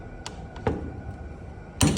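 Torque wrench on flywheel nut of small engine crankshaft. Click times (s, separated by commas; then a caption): 1.8 s. A click-type torque wrench set to 55 ft lbs tightens the flywheel nut on a small engine's crankshaft, with a couple of faint taps near 0.3 and 0.7 seconds. The wrench gives a sharp, loud click at 1.8 seconds, showing the nut has reached torque and the flywheel is done.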